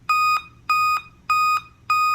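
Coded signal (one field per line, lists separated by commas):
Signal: beep code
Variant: Dell laptop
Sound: four evenly spaced, harsh, buzzy electronic beeps, each about a third of a second long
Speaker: one of the most annoying sounds that I've come across in my lifetime has been the beep code sequence from a Dell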